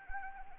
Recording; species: mosquito wingbeat signal from an infrared sensor; Anopheles arabiensis